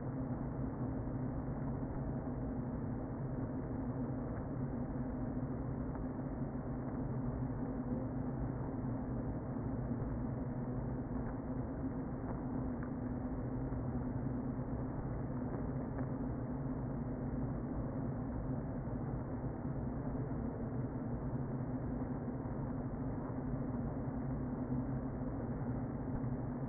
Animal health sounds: honeybee colony, microphone inside the hive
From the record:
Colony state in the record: queen present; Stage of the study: before two queens were removed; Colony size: about 60,000 bees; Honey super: yes

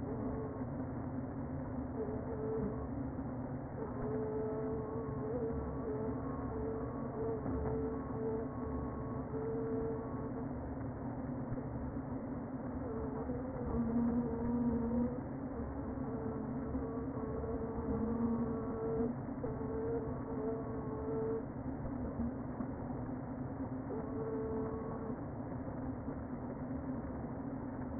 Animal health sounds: honeybee colony, microphone inside the hive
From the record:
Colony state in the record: queen present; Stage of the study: before two queens were removed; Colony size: about 60,000 bees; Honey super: yes

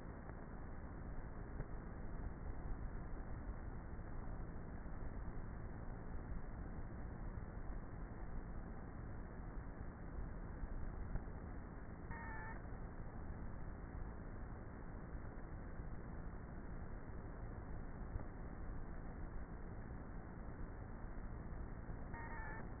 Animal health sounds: honeybee colony, microphone inside the hive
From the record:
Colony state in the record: queenless with a low population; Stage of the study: before two queens were removed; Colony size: about 30,000 bees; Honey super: no

